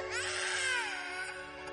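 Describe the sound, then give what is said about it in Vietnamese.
A mournful, high-pitched wailing cry rises and slowly falls in one long, wavering breath, sustained and plaintive, heard alone without speech. “Hai cái dông còn chưa kịp bước chân ra khỏi cửa thì đã nghe thấy tiếng khóc ai oán vang lên.”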